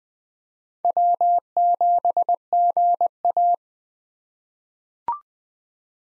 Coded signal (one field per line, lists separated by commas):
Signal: Morse code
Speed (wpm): 20 wpm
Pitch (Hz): 700 Hz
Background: none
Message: W7GA